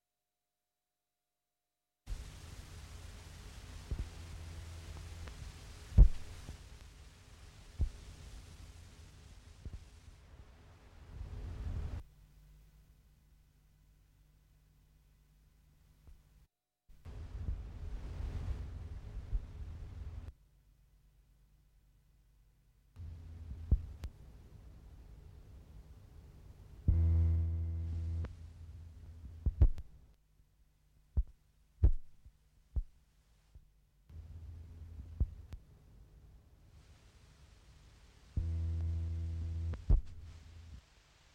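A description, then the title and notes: Experimental electronic loop of low tape noises and sine tones, starting after two seconds of silence. Deep throbbing blocks of rumble alternate with quieter steady hums, punctuated by sharp clicks around 6, 27–32 and 39 seconds, with stacked buzzing tones rising above the bass. Untitled No.3 recorded in one session 1999 in Düsseldorf, Germany silent experimental electronic music stereo tape recorder loop, DIY synthesizer, sine generator and a selection of pre recorded low frequency tape noises.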